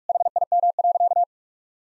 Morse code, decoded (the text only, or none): HIM.